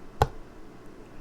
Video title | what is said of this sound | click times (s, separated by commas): Back To The Future: 25th Century STO Starships & Beyond (The Complete Starfleet Ep.5) | where it kind of Clicks in you hear it and when it's in that spot it's good | 0.2 s